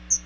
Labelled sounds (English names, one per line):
Chestnut-sided Warbler flight call